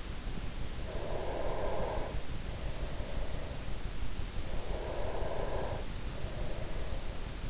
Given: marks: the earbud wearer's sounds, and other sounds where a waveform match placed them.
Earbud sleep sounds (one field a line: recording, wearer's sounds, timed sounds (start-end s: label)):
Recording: sounds in sleep by an in-ear microphone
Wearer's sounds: breath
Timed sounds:
0.53-3.56 s: breath
4.19-7.50 s: breath